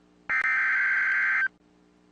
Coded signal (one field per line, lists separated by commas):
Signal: Emergency Alert System (SAME) tones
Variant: header bursts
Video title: REAL EAS 1425- Flash Flood Warning